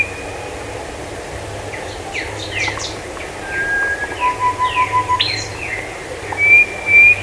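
Bird calls: scattered downslurred chirps, a low trill, then high thin whistles near the end, with a steady low hum behind.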